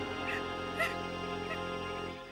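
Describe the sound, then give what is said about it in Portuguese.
Kiara, the lion from The Lion King II, sobs as she moves away from her father: soft, whimpering sobs rise and fall in short breathy bursts over a steady tonal hum, fading out toward the end; no one speaks. “Kiara afastou-se do pai soluçando.”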